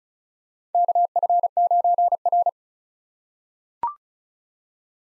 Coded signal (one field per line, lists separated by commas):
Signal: Morse code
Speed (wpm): 34 wpm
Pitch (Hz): 700 Hz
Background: none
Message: KF9R